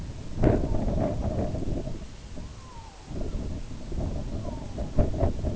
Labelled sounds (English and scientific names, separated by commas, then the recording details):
Red-throated Loon (Gavia stellata)
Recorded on Arctic tundra, site IGLO-B, on 19 June 2018
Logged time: 23:59